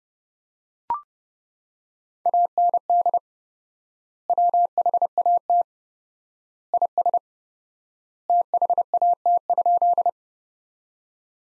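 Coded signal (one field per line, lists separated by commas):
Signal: Morse code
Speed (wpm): 30 wpm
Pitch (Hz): 700 Hz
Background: none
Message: AND WHAT IS THAT?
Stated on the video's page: Morse code sentences from the top 100 words at 30 wpm with 4x word spacing, a Farnsworth-like head-copy drill.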